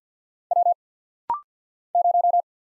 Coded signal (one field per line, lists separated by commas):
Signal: Morse code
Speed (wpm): 48 wpm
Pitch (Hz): 700 Hz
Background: none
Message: W 0